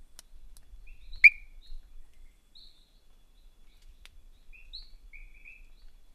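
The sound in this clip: Diasporus igneus: frog calls: scattered short high chirps at two pitches, some quickly doubled, with one sharp click and faint low rumbling.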